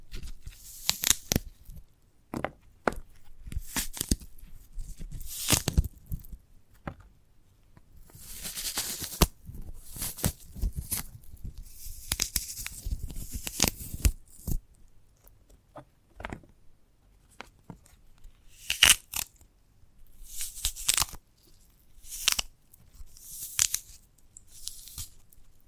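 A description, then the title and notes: A sprouted coconut is handled in bursts of crisp tearing, scraping and tapping, with sharp clicks scattered irregularly and brief quiet gaps between. ASMR of a Sprouted Coconut (No Talking).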